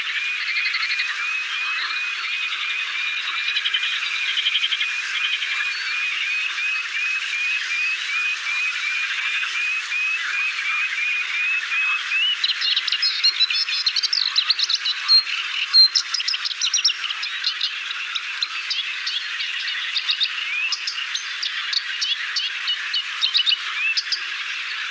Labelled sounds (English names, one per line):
Moustached Warbler song